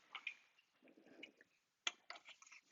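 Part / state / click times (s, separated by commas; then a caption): plastic end cap onto roof rack foot / seated / 1.9 s. A plastic end cap is pushed back onto the cut extruded-aluminum load bar or foot of a Thule Evo Clamp and WingBar Evo roof rack crossbar for a 2017+ Volvo S90 4-door sedan. Light handling rustles and small taps lead up to a sharp snap at 1.9 s, followed by softer taps. The end cap snaps into place and is seated.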